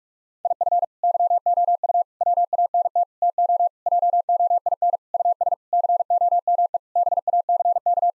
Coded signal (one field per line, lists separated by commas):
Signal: Morse code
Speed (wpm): 46 wpm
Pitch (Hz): 700 Hz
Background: none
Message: IF YOU WANT TO JOIN US COME BACK